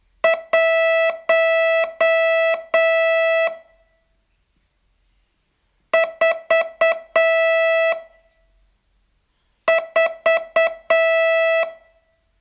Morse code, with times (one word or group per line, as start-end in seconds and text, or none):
0.2-3.5 1
5.9-7.9 4
9.7-11.6 4